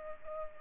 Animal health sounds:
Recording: mosquito wingbeat signal from an infrared sensor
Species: Culex pipiens

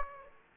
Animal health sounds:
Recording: mosquito wingbeat signal from an infrared sensor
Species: Aedes aegypti

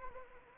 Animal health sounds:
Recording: mosquito wingbeat signal from an infrared sensor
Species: Anopheles arabiensis

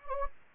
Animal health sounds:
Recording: mosquito wingbeat signal from an infrared sensor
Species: Anopheles gambiae

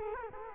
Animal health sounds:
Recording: mosquito wingbeat signal from an infrared sensor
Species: Culex quinquefasciatus

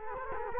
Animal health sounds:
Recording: mosquito wingbeat signal from an infrared sensor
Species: Culex quinquefasciatus

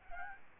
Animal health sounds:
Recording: mosquito wingbeat signal from an infrared sensor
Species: Aedes albopictus

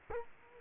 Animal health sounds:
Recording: mosquito wingbeat signal from an infrared sensor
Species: Culex quinquefasciatus

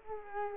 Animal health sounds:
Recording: mosquito wingbeat signal from an infrared sensor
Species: Culex quinquefasciatus

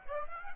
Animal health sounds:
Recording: mosquito wingbeat signal from an infrared sensor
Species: Aedes aegypti

